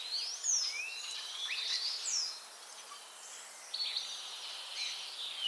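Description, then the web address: Common starling making sharp rising whistled sweeps and scratchy high notes in two bursts separated by a quieter gap. "cianscape birddata Deverinetal 2025 File origin Bird Only More Classes St Vu"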